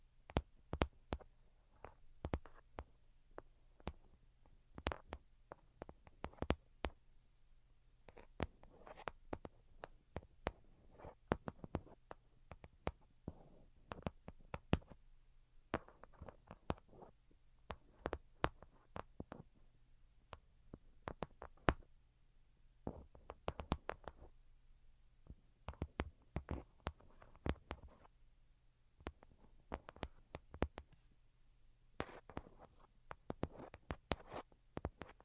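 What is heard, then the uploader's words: Delicate tapping made of short, crisp clicks that come in irregular clusters, sometimes quick flurries, sometimes brief pauses, across the whole 35 seconds. Each tap is sharp and bright. A low, steady hum sits underneath throughout. Most Delicate and Calming Tapping. (No Talking).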